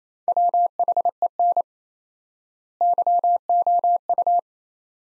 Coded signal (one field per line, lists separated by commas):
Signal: Morse code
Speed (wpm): 28 wpm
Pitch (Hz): 700 Hz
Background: none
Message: WHEN YOU